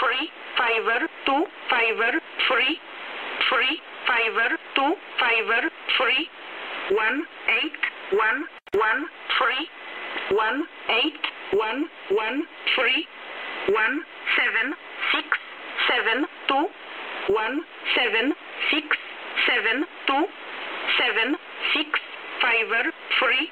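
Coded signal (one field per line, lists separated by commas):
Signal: numbers station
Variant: E11a (Oblique), English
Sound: voice reading digit groups at a steady pace over radio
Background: radio static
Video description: Numbers station E11a [ENIGMA designated ID] Also known as "Oblique"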